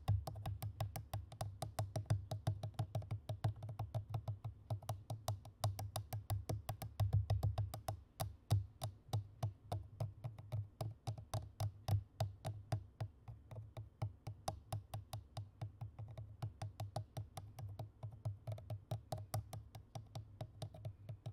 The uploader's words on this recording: MIC scratch/tapping FAST&AGGRESSIVE. マイクのタッピングとスクラッチング・はやくてアグレッシブ.